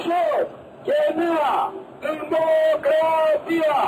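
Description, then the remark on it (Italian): Loud, raised voices of a protest crowd in Syntagma Square, Athens, Greece, shout in repeated bursts, with strained, sustained cries rising and falling in pitch and brief pauses between the yells. “Le voci con cui si è aperta la protesta ateniese hanno ben presto lasciato spazio al suono sordo dei lacrimogeni e alle grida.”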